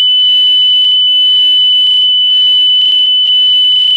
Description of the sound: Highpitched continuous electronic sharp sterile. Ekg flatline alarm tone.